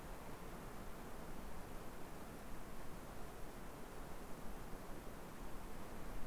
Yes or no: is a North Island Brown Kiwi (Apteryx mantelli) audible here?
no